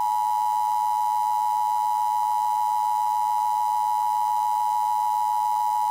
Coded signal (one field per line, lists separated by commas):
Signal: Emergency Alert System (SAME) tones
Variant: 853 and 960 Hz attention tone